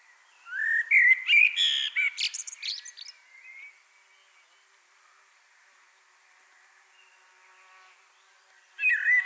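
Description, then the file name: Common blackbird singing a fluted, melodious phrase ending in high twitters, followed by silence, then the start of another whistled phrase. "Turdus merula"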